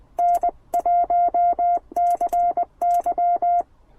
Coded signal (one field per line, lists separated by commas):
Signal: Morse code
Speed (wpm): 20 wpm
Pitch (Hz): 700 Hz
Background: none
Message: N1CY